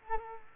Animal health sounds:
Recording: mosquito wingbeat signal from an infrared sensor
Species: Culex quinquefasciatus

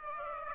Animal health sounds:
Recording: mosquito wingbeat signal from an infrared sensor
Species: Aedes aegypti

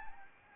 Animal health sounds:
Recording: mosquito wingbeat signal from an infrared sensor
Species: Anopheles gambiae

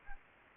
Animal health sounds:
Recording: mosquito wingbeat signal from an infrared sensor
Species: Anopheles gambiae

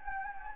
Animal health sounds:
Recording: mosquito wingbeat signal from an infrared sensor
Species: Anopheles gambiae

